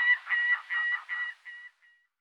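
Gyrfalcon giving a series of harsh, nasal calls, fading toward the end.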